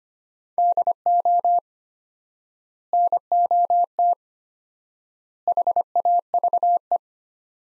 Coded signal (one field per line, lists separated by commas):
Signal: Morse code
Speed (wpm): 25 wpm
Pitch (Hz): 700 Hz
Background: none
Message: DO NOT HAVE